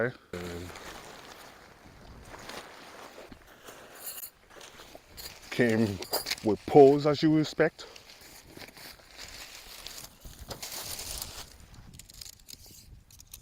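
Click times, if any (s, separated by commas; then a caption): none. Shock-corded tent pole sections for a Geertop bivvy tent are handled and joined, one section going toward its ferrule joint, while someone talks. Rustling and light rattling are broken by brief sharp ticks, the loudest near the end. Nothing has seated or clicked into place yet.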